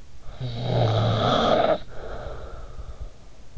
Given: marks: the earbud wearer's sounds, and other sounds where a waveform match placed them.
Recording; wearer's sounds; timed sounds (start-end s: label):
sounds in sleep by an in-ear microphone; snoring breath
0.25-3.56 s: snoring breath